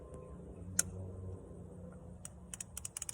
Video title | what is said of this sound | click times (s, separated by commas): Raven R20 UNBOXING and ASSEMBLY | once it hits that string get a little slack you'll push it down you'll hear a lock | 0.8 s